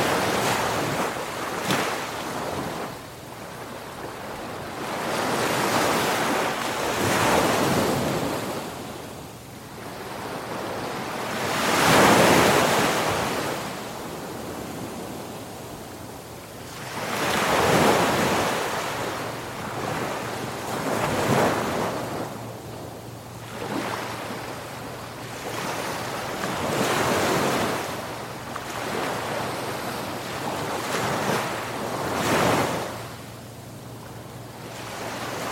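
Ocean waves roll in and wash out in slow swells, with louder breaking surges around 12, 18 and 32 seconds. The hiss of foam fills the gaps, while a low, steady rumble and some wind buffeting sit underneath throughout.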